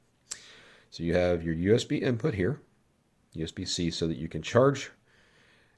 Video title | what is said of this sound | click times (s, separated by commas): DJI Mic Mini quick review! | It even shows you direction to slide it on, and you slide it in until it clicks. | 0.3 s